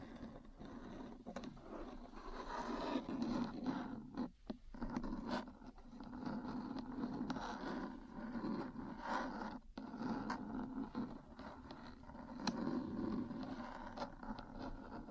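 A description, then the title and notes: Metal parts tap and scratch against each other in a continuous rasping with frequent small clicks. The grinding texture stays dense and fairly low, swelling and easing in waves, with brief gaps near four and ten seconds before resuming. ASMR 3Dio Metal Parts Tapping & Scratching for Sleep and Relaxation (No Talking).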